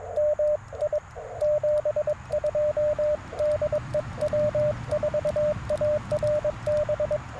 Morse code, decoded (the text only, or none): MI 72 DE W4ARB